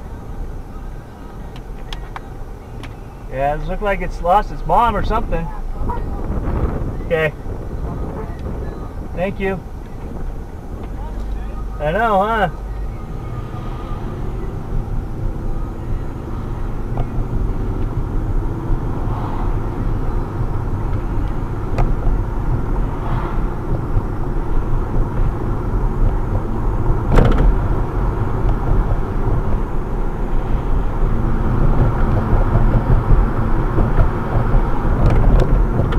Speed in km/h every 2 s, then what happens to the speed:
6, 6, 2, 0, 2, 10, 18, 24, 31, 35, 39, 42, 44, 45, 48, 50, 52, 52.
4-8 standing. 8-31 pulls away to 52.